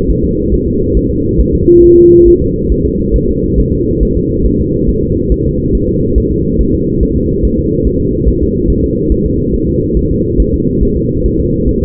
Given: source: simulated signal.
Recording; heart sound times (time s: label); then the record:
fetal heart sounds
0.10 s: S1
0.24 s: S2
0.54 s: S1
0.68 s: S2
0.97 s: S1
1.11 s: S2
1.40 s: S1
1.55 s: S2
1.84 s: S1
1.98 s: S2
2.28 s: S1
2.42 s: S2
2.72 s: S1
2.86 s: S2
3.16 s: S1
3.30 s: S2
3.59 s: S1
3.74 s: S2
4.03 s: S1
4.17 s: S2
4.46 s: S1
4.60 s: S2
4.89 s: S1
5.03 s: S2
5.32 s: S1
5.46 s: S2
5.75 s: S1
5.89 s: S2
6.18 s: S1
6.32 s: S2
6.61 s: S1
6.75 s: S2
7.03 s: S1
7.17 s: S2
7.45 s: S1
7.59 s: S2
7.87 s: S1
8.01 s: S2
8.28 s: S1
8.43 s: S2
8.70 s: S1
8.84 s: S2
9.12 s: S1
9.26 s: S2
9.54 s: S1
9.69 s: S2
9.97 s: S1
10.11 s: S2
10.40 s: S1
10.54 s: S2
10.83 s: S1
10.97 s: S2
11.26 s: S1
11.40 s: S2
11.69 s: S1
11.83 s: S2
From the record:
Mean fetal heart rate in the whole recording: 140 bpm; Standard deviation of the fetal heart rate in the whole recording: 2 bpm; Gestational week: 34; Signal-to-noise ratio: -14.7 dB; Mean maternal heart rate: 72 bpm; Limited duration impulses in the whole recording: present